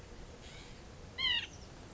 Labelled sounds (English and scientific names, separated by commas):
White-breasted Nuthatch (Sitta carolinensis)